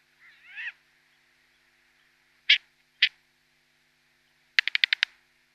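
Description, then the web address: Short-eared owl young giving a brief wheezy call, then two sharp harsh bursts and a quick rattling series of clipped notes; otherwise quiet. Downy young. "Schulze Peter Short-eared Owl"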